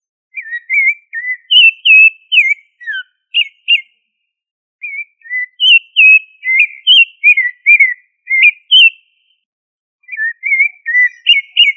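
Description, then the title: Thrush song: clear whistled notes, slurred up and down, in quick varied phrases with short breaks around four and ten seconds; no other sounds. "Familia Turdidae - Sabia"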